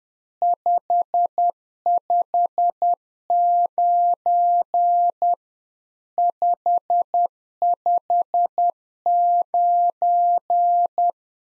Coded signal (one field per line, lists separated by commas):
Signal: Morse code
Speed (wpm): 10 wpm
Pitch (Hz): 700 Hz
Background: none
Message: 559 559